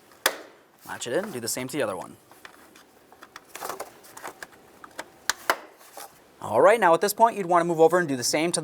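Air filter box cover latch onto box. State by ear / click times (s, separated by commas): seated / 0.3 s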